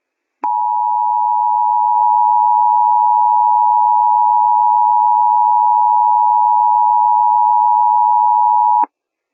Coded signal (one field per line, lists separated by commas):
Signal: Emergency Alert System (SAME) tones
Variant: 853 and 960 Hz attention tone